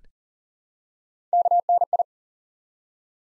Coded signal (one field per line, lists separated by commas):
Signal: Morse code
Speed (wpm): 40 wpm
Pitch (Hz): 700 Hz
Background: none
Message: KNI